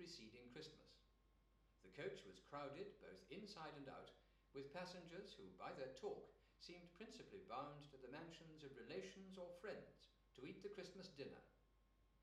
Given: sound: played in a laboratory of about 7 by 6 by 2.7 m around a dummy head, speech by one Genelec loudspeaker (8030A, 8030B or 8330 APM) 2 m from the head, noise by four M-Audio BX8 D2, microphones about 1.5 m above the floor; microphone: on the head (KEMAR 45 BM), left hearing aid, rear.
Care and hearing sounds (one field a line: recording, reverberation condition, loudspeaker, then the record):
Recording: male speech in English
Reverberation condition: medium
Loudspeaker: 120 degrees to the left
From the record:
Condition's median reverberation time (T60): about 510 ms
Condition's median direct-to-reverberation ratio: about -0.5 dB